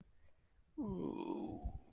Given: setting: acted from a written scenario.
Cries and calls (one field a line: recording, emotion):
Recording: vocal sound without words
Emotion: shame